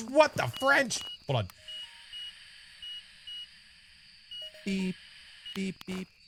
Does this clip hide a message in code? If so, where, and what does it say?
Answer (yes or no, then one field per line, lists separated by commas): no